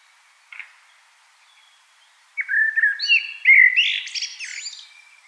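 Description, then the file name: Common blackbird song: a brief faint note, a pause, then a rich whistled warble climbing into high, thin squeaky notes. "Turdus merula"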